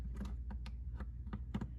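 While refitting the glove box on a 2017–2020 Nissan Armada, the top attachment is handled against the dashboard and pressed toward place. A series of light, short plastic clicks and taps sounds over a low steady hum. The clip ends before the part goes home, so nothing has seated or clicked yet.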